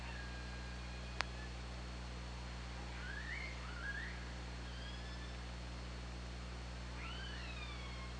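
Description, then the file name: Orca calls: rising then bending tonal calls in a loose sequence with harmonics, one sharp click early on, over steady underwater hiss and a low continuous hum. Hydrophone, 24 August 2017, 22:15. "Orca Lab"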